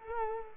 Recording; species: mosquito wingbeat signal from an infrared sensor; Culex quinquefasciatus